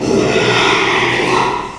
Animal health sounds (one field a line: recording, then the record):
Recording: squeal of a Yucatan mini pig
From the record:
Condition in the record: after surgery on the right vocal fold (resection and tissue-engineered implant)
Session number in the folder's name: 1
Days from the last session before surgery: 6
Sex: male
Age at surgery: 12 weeks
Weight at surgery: 13 kg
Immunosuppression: cyclosporine, prednisolone